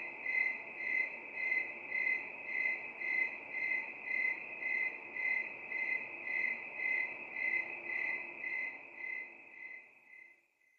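Cricket chirps, a bright high trill throbbing at a steady rhythm about twice a second, then fading away near the end.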